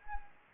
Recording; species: mosquito wingbeat signal from an infrared sensor; Anopheles arabiensis